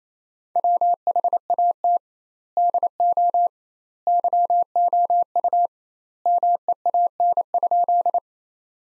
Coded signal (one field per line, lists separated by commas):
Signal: Morse code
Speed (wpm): 28 wpm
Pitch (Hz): 700 Hz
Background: none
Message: WHAT DO YOU MEAN?